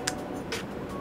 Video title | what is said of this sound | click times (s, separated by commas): Peak Design Capture Clip VS PGYTECH Beetle | you clip it in on this one, you get a slight audible click. So you know it's locked in. | 0.1 s